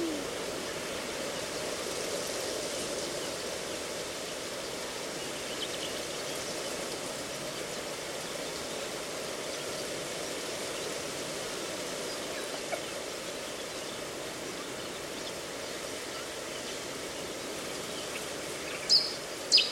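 A reedbed at Slapton Ley gives off a steady, dense hiss of rustling with a soft low rumble beneath, unchanging across the whole stretch. Near the end, two or three brief bright bird chirps stand out above the wash of sound.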